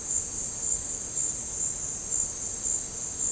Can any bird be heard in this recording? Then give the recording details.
no. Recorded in dense forest near Puerto Asís, Putumayo, Colombia, on 13 March 2025 at 17:00. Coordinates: 0.467, -76.328. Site G041